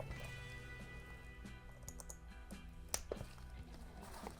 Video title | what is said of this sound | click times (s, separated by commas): Building Spooky Fun: Halloween Sound Pranks with nRF5340 BLE Audio | all right so let's connect our battery our little click | 2.9 s